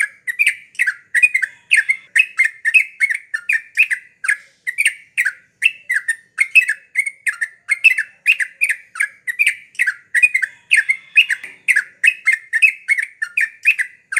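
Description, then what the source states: Yellow-vented Bulbul pouring out a long, quick series of chirpy notes, evenly spaced and energetic, continuing without a break across the whole stretch. Masteran, a training recording for cage birds, of a champion trucukan (trucuk juara) singing the rapid 'tembakan' song style.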